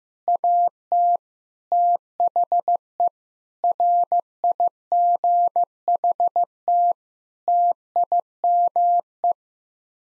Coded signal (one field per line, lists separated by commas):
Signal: Morse code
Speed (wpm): 15 wpm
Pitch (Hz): 700 Hz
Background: none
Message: AT THE RIGHT TIME